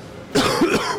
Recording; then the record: coughing mixed with background sound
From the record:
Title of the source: Coughing 46